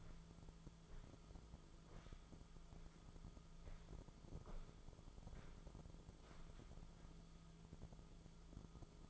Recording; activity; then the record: daily activity, microphone in the room; walk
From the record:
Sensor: 5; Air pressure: 1005.5 hPa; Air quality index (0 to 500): 96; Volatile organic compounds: 2 ppm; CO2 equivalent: 1169 ppm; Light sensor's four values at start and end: 33/77/31/29 and 33/77/31/29